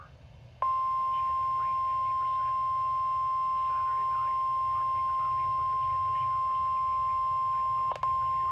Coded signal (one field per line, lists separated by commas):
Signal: Emergency Alert System (SAME) tones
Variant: 1050 Hz attention tone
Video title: NOAA Weather Radio - Flash Flood Warning [EAS #304] (6/16/23)